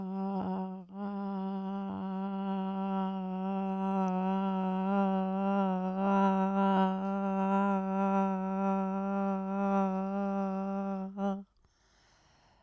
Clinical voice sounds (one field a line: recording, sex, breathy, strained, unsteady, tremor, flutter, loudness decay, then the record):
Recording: sustained vowel /a/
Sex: female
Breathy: absent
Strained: absent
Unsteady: present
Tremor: absent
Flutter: absent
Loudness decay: absent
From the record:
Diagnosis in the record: Parkinson's disease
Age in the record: 80 years